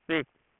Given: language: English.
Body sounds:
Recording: throat vibration sensor signal played as sound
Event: speech

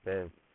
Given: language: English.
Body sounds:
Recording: throat vibration sensor signal played as sound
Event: speech

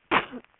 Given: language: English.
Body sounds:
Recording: throat vibration sensor signal played as sound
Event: cough

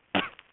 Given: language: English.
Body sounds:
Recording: throat vibration sensor signal played as sound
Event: cough

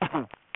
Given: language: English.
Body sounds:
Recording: throat vibration sensor signal played as sound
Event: cough

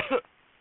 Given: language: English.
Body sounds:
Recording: throat vibration sensor signal played as sound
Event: cough

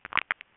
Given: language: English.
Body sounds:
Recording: throat vibration sensor signal played as sound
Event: swallow

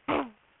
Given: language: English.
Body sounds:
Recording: throat vibration sensor signal played as sound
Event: throat clearing

